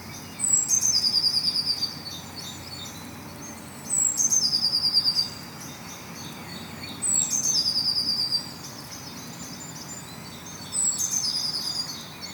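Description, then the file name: Eurasian blue tit singing: a thin high whistle followed by a lower, fast tinkling trill, the phrase repeated four times at intervals of about three and a half seconds, over a steady hiss. "Cyanistes caeruleus"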